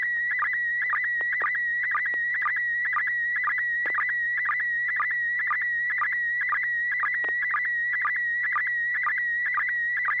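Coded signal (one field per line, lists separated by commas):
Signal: SSTV (slow-scan television)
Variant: PD120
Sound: steady high warbling tone with rhythmic lower chirps about twice a second, continuous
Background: low hum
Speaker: AI6DG, and see you have a picture if you're ready to send over.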